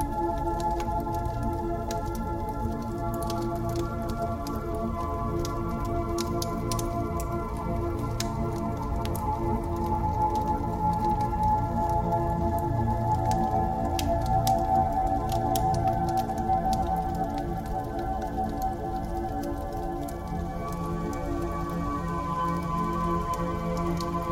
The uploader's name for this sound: Calming yoga music